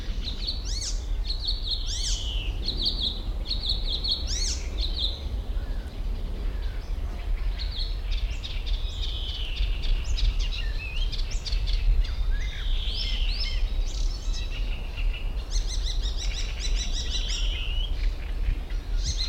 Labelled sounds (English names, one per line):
Great Reed Warbler